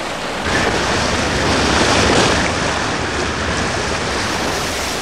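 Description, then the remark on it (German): A motorboat comes in to a beach over crashing surf, a dense steady roar of waves and rumbling engine that swells slightly in the middle and holds loud throughout, with no voices. “Als das Motorboot den Strand erreichte”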